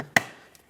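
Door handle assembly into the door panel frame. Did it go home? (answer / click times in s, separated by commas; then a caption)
yes / 0.2 s. A plastic door handle assembly, removed as a unit from a 2014-2021 Mazda 6 door during power window motor replacement, is pressed back into the door panel frame. A sharp, loud click at 0.2 s shows it has seated in place, followed by two faint taps near 0.6 s and 0.7 s.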